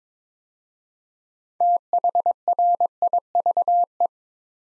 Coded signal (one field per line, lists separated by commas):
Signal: Morse code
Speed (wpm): 22 wpm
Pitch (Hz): 700 Hz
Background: none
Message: THRIVE